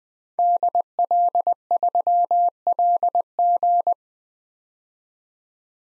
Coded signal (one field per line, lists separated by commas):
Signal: Morse code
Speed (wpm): 21 wpm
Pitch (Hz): 700 Hz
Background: none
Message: DL3LG